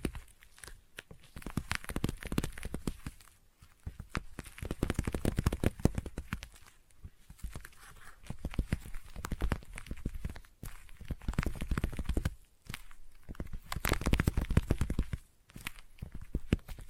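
Dense, rapid sticky tapping with crackly peeling sounds, playing in bursts separated by brief pauses near 3.5, 10.5, 12.5 and 15 seconds.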